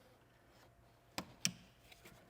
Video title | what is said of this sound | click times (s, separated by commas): Cleaning The Throttle Body And Mass Air Flow Sensor On The Infinity Qx80 Before Sale! | You'll hear a click. You know that's on there correctly. | 1.4 s